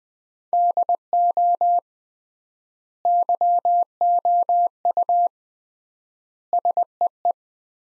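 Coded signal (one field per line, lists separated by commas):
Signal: Morse code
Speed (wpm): 20 wpm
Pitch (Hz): 700 Hz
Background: none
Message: DO YOU SEE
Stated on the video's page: Morse practice sentences from the top 500 words at 20 wpm with 3x standard word-spacing, a Farnsworth-like method for words.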